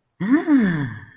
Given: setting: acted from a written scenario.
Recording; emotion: vocal sound without words; elation